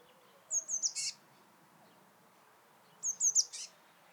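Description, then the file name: Eurasian blue tit: three thin, high, sharp notes followed by a short harsh buzzy note, given twice about two and a half seconds apart. "Cyanistes caeruleus"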